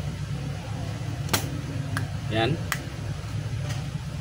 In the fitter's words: So ayos na yan mga kabay. Naglock na po yan.